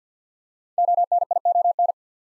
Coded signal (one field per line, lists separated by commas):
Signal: Morse code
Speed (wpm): 50 wpm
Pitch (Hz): 700 Hz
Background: none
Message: ONION